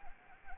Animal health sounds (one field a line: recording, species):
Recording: mosquito wingbeat signal from an infrared sensor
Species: Anopheles gambiae